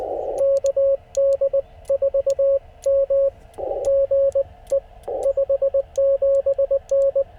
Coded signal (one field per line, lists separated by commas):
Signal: Morse code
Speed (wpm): 19 wpm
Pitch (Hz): 560 Hz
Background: radio noise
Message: KD4M GE 57N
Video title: CW POTA PILEUPS and DX after a SOLAR STORM! #morsecode #parksontheair #hamradio